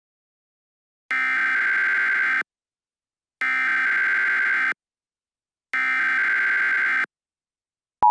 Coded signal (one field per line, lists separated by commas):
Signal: Emergency Alert System (SAME) tones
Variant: header bursts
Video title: All EAS SYSTEMS Remade